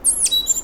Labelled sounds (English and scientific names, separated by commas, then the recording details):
Stitchbird (Notiomystis cincta) song
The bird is a male
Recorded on Tiritiri Matangi Island, New Zealand, in 2005
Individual 1, of nest box 1